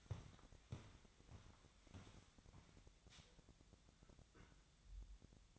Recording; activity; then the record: daily activity, microphone in the room; walk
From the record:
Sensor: 3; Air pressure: 1012.1 hPa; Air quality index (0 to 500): 184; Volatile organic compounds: 3 ppm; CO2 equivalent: 1412 ppm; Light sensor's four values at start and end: 77/173/84/92 and 54/143/62/65